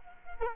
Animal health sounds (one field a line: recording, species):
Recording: mosquito wingbeat signal from an infrared sensor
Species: Culex quinquefasciatus